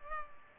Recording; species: mosquito wingbeat signal from an infrared sensor; Culex pipiens